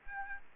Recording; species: mosquito wingbeat signal from an infrared sensor; Aedes albopictus